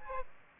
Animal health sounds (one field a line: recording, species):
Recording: mosquito wingbeat signal from an infrared sensor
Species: Aedes aegypti